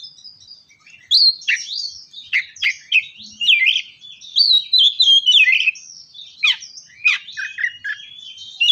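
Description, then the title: Oriental magpie-robin delivering continuous varied song, mixing sweet whistled phrases, buzzy notes and quick falling slurs. "kacer"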